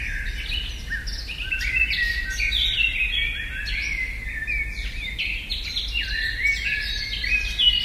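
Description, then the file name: Eurasian blackcap song: rich, fast warbling phrases with whistled notes, mostly high-pitched, continuing almost without pause over steady low background rumble. "blackcap freesound"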